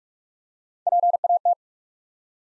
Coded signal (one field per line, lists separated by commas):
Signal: Morse code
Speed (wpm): 46 wpm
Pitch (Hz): 700 Hz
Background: none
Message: PAT